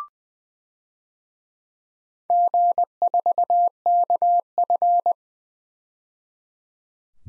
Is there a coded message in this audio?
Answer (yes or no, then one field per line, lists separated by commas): yes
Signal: Morse code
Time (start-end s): 2.3-5.1 s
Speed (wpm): 20 wpm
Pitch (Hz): 700 Hz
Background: none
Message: G4KF